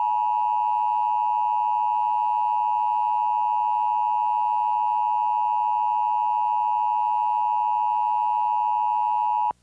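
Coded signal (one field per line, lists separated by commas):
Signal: Emergency Alert System (SAME) tones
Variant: 853 and 960 Hz attention tone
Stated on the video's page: Simulated mock EAS tornado drill alert for Hawaii statewide.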